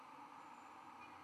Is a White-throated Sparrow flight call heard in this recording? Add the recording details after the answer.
no. No flight call is heard. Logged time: 02:17 on 11 November 2014